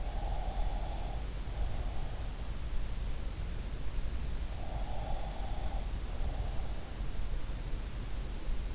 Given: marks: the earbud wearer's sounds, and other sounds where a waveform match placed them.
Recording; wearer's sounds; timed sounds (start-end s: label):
sounds in sleep by an in-ear microphone; breath
0.00-2.46 s: breath
4.54-6.68 s: breath